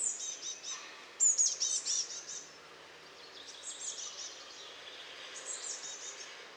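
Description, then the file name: Eurasian blue tit calls: several short bursts of thin, very high notes. "Cyanistes caeruleus"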